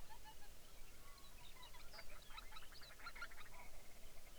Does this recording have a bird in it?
yes